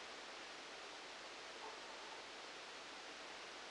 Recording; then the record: brain microelectrode recording played as sound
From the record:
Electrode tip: outside the subthalamic nucleus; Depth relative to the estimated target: -10 mm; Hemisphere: right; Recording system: NeuroSet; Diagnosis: Parkinson's disease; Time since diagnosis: 19 years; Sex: female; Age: 69 years